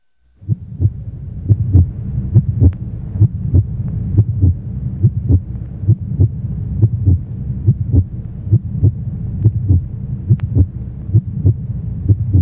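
An adult heartbeat.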